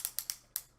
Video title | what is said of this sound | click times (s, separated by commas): Voltron Legendary Defenders Playmate Toys Review | Now, it seems like it clicked in there. | 0.6 s